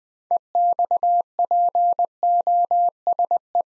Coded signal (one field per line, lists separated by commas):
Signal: Morse code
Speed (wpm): 20 wpm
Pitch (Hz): 700 Hz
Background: none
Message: EXPOSE